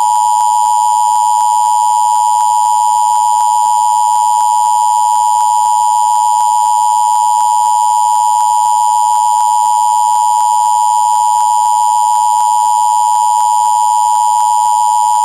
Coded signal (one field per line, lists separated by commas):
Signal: Emergency Alert System (SAME) tones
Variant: 853 and 960 Hz attention tone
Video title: Required Monthly Test #1